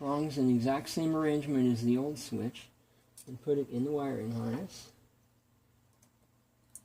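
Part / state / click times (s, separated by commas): wiring harness connector onto microwave door interlock switch / seated / 6.8 s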